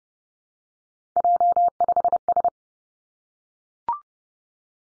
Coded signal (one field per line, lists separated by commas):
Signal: Morse code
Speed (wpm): 30 wpm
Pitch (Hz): 700 Hz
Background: none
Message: J5S